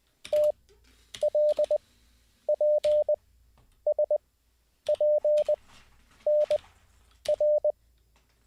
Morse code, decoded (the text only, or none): TLPSPNR